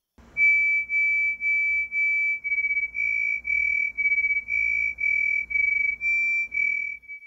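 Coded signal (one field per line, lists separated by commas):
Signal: multi-tone FSK (Olivia or MFSK type)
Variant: THROB2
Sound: a steady high tone throbbing in pulses about twice a second, faint low hum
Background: low hum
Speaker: we're gonna try throb two with John I'm gonna called CQ now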